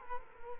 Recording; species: mosquito wingbeat signal from an infrared sensor; Culex quinquefasciatus